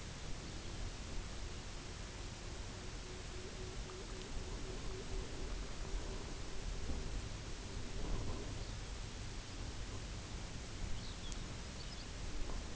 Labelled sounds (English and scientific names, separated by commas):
unidentified sound, Pectoral Sandpiper (Calidris melanotos), Lapland Longspur (Calcarius lapponicus)